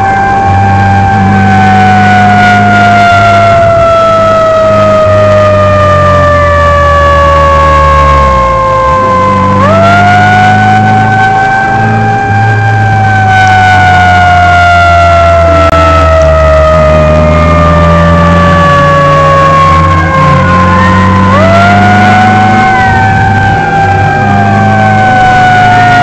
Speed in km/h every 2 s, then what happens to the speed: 73, 77, 75, 65, 50, 59, 55, 44, 40, 48, 50, 55, 57.
4-7 brakes to 50. 11-15 brakes to 40. 15-26 speeds up to 57.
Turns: none.